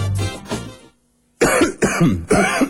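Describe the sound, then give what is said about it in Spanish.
A fit of loud, harsh coughing: a couple of rough coughs, a brief silence, then three more forceful hacking coughs in quick succession, with no talking. “Bronquicidad Max, alivia la tos y seguí con tu vida.”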